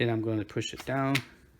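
A snap-in part is held sideways with a finger over its hole in an Arcade1up SF2 control dock's arcade control panel, ready to be pushed down. Someone talks throughout, and the clip ends before the part goes in, so nothing has seated or clicked yet.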